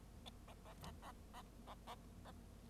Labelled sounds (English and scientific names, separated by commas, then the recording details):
Bengalese Finch (Lonchura striata domestica) song
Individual Bird0